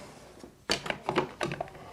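The plastic decorator face plate supplied with a smart WiFi light switch is handled against the wall light switch's mounting plate, making a series of short, sharp plastic knocks and taps at about 0.7, 0.9, 1.1, 1.2 and 1.4 s over a quiet background. The face plate has not snapped on or seated yet.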